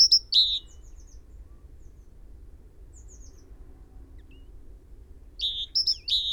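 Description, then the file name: Great tit calls: a short chirping burst at the start with faint trailing notes, a long quiet gap, then another series of alternating high and lower notes. "Parus major"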